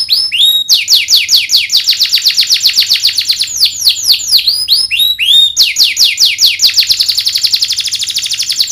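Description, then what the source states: Domestic canary song, continuous rapid trills of sweeping notes, shifting between faster and slower rolls with brief rising whistles between phrases. Singing in the gacor style with cengkok (melodic twists) and isian (song fillers).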